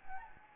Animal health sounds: mosquito wingbeat signal from an infrared sensor; Anopheles gambiae

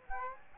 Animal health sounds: mosquito wingbeat signal from an infrared sensor; Aedes aegypti

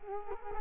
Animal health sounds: mosquito wingbeat signal from an infrared sensor; Culex quinquefasciatus

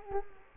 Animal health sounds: mosquito wingbeat signal from an infrared sensor; Culex quinquefasciatus

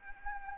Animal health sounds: mosquito wingbeat signal from an infrared sensor; Anopheles arabiensis

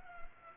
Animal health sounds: mosquito wingbeat signal from an infrared sensor; Culex pipiens

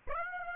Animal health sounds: mosquito wingbeat signal from an infrared sensor; Aedes aegypti

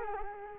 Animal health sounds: mosquito wingbeat signal from an infrared sensor; Culex quinquefasciatus

